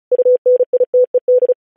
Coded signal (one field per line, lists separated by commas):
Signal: Morse code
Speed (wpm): 36 wpm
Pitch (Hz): 500 Hz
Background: none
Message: UNITED